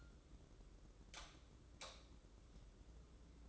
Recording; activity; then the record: daily activity, microphone in the room; light off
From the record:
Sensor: 3